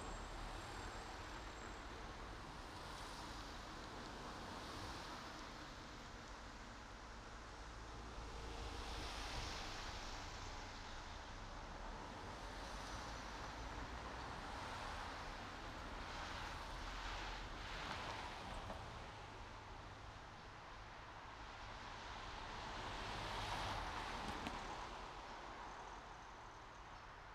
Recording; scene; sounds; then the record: everyday scene through a hearing-aid microphone; in traffic; traffic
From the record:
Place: main road on the outskirts, rush hour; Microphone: in the ear canal, right